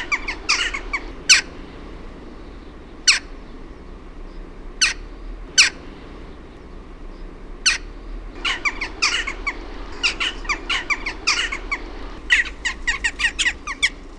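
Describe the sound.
Western jackdaw calls, a short cluster of notes, then single sharp squeaky notes spaced a second or two apart, then rapid chattering clusters toward the end.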